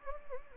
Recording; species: mosquito wingbeat signal from an infrared sensor; Anopheles gambiae